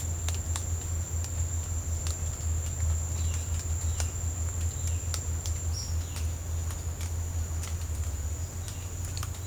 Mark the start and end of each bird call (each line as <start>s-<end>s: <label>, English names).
8.55s-9.46s: Great Kiskadee